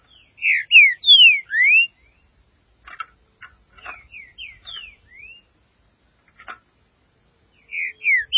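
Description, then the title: Green-winged saltator song: a phrase of four loud, slurred whistled notes, then quieter chips and short whistles, a pause, and the loud phrase starting again. "Trinca Ferro"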